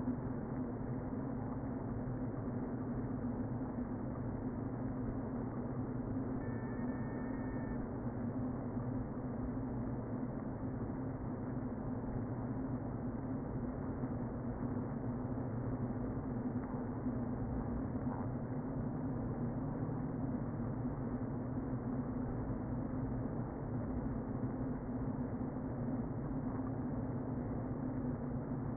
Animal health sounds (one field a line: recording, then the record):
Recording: honeybee colony, microphone inside the hive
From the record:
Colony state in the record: queen present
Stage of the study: before two queens were removed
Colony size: about 60,000 bees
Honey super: yes